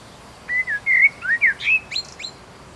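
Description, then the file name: Common blackbird song: a mellow fluted warble of short descending and looping phrases, ending in thin, high squeaky twitters. "Turdus merula"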